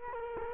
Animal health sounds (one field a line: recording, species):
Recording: mosquito wingbeat signal from an infrared sensor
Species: Culex quinquefasciatus